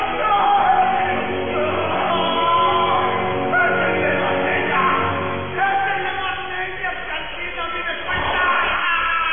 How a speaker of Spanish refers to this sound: Es el judío que fue acusado por herejía. Sus gritos de dolor invaden el ambiente y nos estremecen. Pero... ¿está gritando algo?